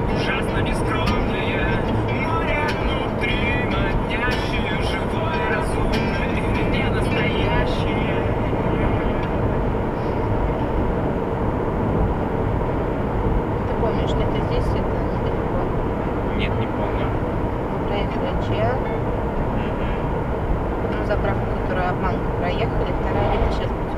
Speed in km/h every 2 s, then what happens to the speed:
105, 105, 105, 104, 104, 104, 105, 105, 105, 106, 103, 103.
0-24 steady at about 105.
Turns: none.